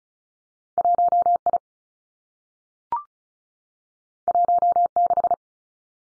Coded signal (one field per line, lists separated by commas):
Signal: Morse code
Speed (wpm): 36 wpm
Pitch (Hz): 700 Hz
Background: none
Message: 1 I 1 6